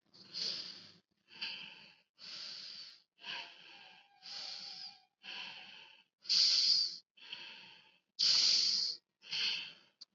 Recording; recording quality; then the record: shallow breathing; excellent, no background noise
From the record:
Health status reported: COVID-19 positive, mild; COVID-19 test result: positive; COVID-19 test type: rapid antigen test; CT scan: not taken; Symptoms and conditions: cough, fever, fatigue, muscle pain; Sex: female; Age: 36 years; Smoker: no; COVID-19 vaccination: both doses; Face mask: worn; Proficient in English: yes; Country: India